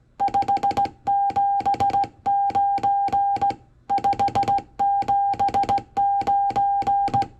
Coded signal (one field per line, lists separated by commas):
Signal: Morse code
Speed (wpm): 17 wpm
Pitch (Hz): 800 Hz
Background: none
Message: 579 579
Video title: Working HA8RD,Laci in Hungary on cw 10m band October 29 2024